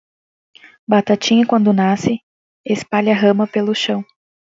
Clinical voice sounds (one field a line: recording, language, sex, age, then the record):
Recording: short text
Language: Brazilian Portuguese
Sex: female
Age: 20 to 29 years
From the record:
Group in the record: control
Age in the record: 25 years